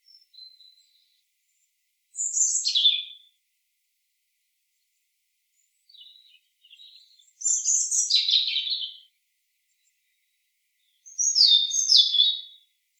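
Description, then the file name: European robin song: three short, high, tumbling phrases of descending whistles and twitters, spaced by pauses of a few seconds, with faint soft notes between. "Erithacus rubecula"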